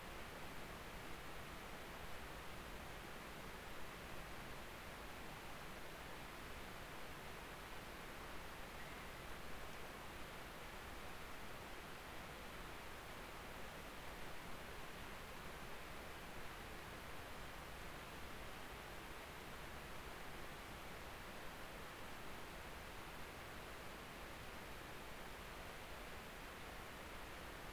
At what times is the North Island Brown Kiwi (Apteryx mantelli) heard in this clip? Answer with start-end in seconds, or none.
none